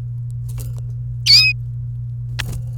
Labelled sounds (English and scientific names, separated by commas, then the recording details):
Domestic Canary (Serinus canaria) song
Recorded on 27 April 2018 at 17:26
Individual llb3